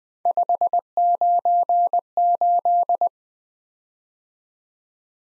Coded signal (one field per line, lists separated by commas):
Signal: Morse code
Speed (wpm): 20 wpm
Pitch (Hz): 700 Hz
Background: none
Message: 598